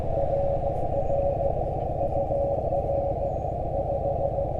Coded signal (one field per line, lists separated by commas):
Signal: Morse code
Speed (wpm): 19 wpm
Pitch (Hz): 550 Hz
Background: none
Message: RR UR 5